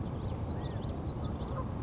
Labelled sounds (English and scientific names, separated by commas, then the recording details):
California Quail (Callipepla californica)
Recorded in Sonoma County, California